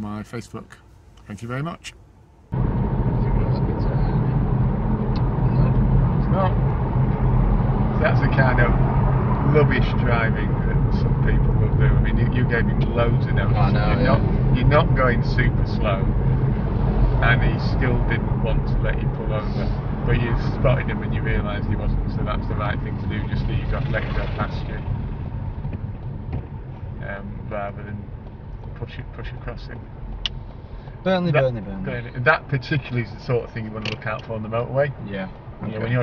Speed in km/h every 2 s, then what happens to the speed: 50, 52, 50, 48, 48, 47, 47, 47, 48, 44, 34, 24, 15, 11, 8, 2, 0, 0.
0-18 steady at about 48. 18-30 brakes to 2. 30-36 standing.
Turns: none.